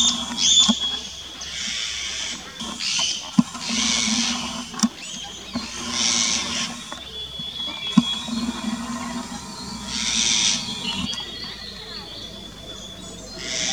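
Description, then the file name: Eurasian jay uttering repeated grating screeches in a loose series, with a few sharp clicks. "Eurasian Jay call 2"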